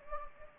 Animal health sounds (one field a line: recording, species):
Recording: mosquito wingbeat signal from an infrared sensor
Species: Anopheles gambiae